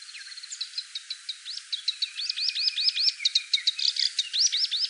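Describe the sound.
Black-browed reed warbler song: a fast, chattering run of high notes that sweep up and down, repeated in quick varied bursts.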